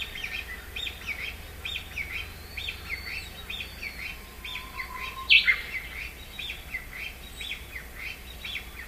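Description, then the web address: Japanese bush warbler giving quick, evenly repeated chirping notes throughout, one sharp louder note midway and a brief low hum, over constant background noise. Recorded April 2011. "nishikawa 201104 uguisu"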